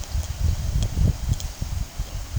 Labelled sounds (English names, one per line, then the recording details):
none
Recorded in pastures near Puerto Asís, Putumayo, Colombia, on 25 June 2025 at 13:00
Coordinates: 0.472, -76.331
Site G095